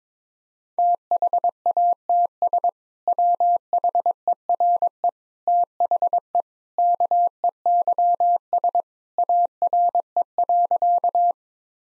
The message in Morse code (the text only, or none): THATS WHERE THE KEYS ARE.